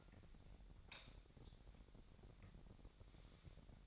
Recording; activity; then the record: daily activity, microphone in the room; light on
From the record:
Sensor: 3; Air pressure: 1011.9 hPa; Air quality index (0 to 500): 236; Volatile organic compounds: 5 ppm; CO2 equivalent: 1744 ppm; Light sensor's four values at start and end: 11/26/11/11 and 14/35/14/14